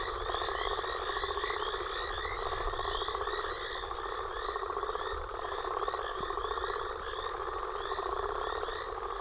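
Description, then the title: Frogs and toads calling in chorus, quick repeated chirps and continuous buzzy trills. Frog and toad chorus recorded after a storm. "Frog And Toad Chorus Post Storm With Thunder"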